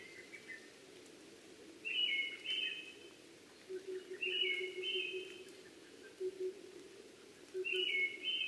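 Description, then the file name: Brown-headed thrush singing short clear whistled phrases every few seconds, with light hiss. Recorded 12 June 2010 at 03:45. "akahara tutudori-20100612-0345"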